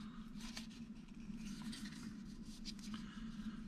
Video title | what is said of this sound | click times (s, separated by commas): How to replace a 2009 Volkswagen Routan 3 Button Fobik Key Battery | and you notice you're going to hear it snapping as you go around | 0.6 s, 2.8 s, 2.9 s